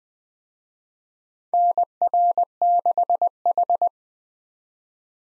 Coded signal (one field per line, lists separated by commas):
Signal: Morse code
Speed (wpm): 20 wpm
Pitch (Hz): 700 Hz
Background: none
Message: NR6H